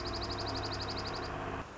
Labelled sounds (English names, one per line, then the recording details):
Dark-eyed Junco
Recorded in Sonoma County, California